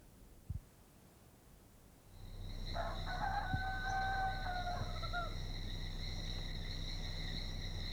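A rooster in Colombia crows once, a drawn-out, wavering cock-a-doodle-doo lasting a couple of seconds, set against steady high-pitched insect buzzing and a low background hum.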